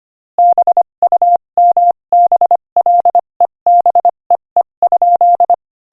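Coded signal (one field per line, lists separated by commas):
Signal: Morse code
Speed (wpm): 25 wpm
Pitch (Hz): 700 Hz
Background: none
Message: BUMBLEBEE?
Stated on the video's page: Morse code practice at 25 wpm, sending a joke.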